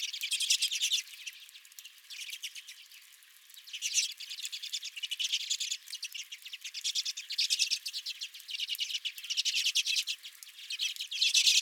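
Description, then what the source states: Redpolls chattering, rapid chips in bursts rising and falling in loudness, with a quieter spell early on. Several redpolls at the recordist's own feeder.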